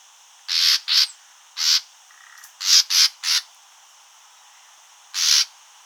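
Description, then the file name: Common nightingale giving a run of harsh rasping calls in pairs and triplets, followed by a pause and one more rasp, with faint hiss behind. "Luscinia megarhynchos"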